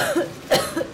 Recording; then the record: coughing mixed with background sound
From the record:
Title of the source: Coughing Woman Sound - Woman Cough Sound Effect